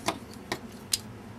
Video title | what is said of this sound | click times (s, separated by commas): Transformers Dark of the Moon Mech Tech Voyager Skyhammer Review | and it locks into place it locks the propeller blade into place | 0.9 s